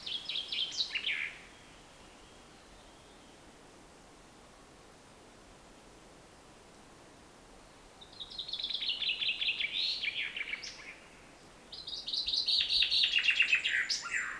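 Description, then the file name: Common chaffinch singing repeatedly: the end of one phrase, then, after a quiet stretch, two more descending phrases in quick succession. "Fringilla coelebs"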